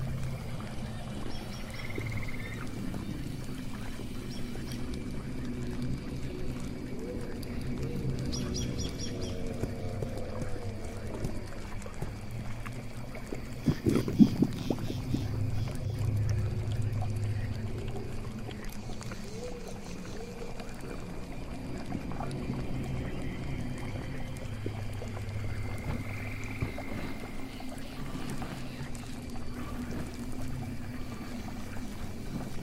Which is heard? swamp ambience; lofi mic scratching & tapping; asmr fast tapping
swamp ambience